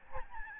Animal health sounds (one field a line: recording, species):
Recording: mosquito wingbeat signal from an infrared sensor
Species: Aedes albopictus